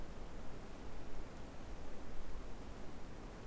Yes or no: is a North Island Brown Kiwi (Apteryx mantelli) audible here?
no